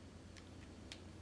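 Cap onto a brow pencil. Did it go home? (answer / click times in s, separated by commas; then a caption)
yes / 0.9 s. A plastic cap is pushed onto a second eyebrow pencil and snaps home with a sharp, small click at 0.9 s, after a softer tick around 0.4 s. The cap is seated with a little click, so it should stay on better.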